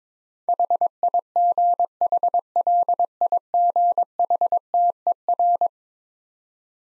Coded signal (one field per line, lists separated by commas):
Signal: Morse code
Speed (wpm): 22 wpm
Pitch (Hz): 700 Hz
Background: none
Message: HIGHLIGHTER